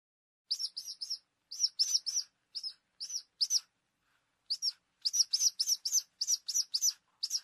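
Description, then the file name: Falcon calls: sharp, high, clipped notes in quick groups, broken by short gaps, with a longer silence near the middle, then a denser run. "canto-do-falcão"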